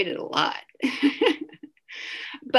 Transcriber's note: laughter